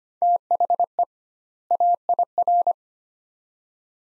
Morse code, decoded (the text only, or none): THE AIR